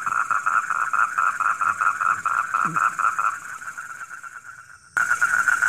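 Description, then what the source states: Frog giving rapid pulsed croaks, roughly two or three per second, fading briefly near the end before a sudden burst of loud croaking returns. Heard at night.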